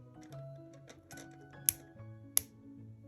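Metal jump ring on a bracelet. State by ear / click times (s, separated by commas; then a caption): seated / 1.7 s, 2.4 s. A metal jump ring on a bracelet is worked back and forth with pliers over soft background music until it clicks shut. Two sharp, bright clicks ring out at 1.7 s and 2.4 s, and the jump ring is closed.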